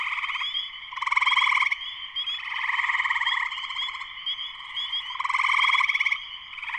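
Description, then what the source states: Spring peeper chorus of overlapping high peeps and rapid pulsing trills, loudness surging in repeated waves. Spring peepers in full chorus shortly after sunset, Sleeping Bear Dunes National Lakeshore, northern Michigan, USA.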